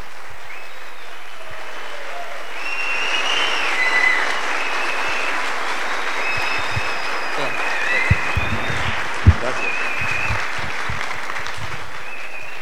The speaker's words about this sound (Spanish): Entonces, para no quitarle más tiempo a nuestro orador, por favor pongámonos de pie y vamos a recibir con un espectacular aplauso desde Medellín, Colombia